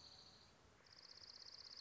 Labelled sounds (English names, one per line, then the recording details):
Dark-eyed Junco
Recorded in Sonoma County, California